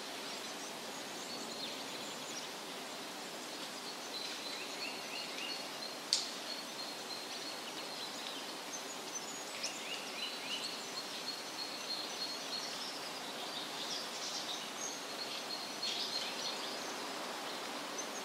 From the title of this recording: Forest Sounds, Woodland Ambience